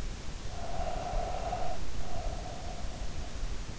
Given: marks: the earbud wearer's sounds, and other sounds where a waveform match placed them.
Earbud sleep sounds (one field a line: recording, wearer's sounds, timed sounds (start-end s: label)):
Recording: sounds in sleep by an in-ear microphone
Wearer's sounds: breath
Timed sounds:
0.42-3.28 s: breath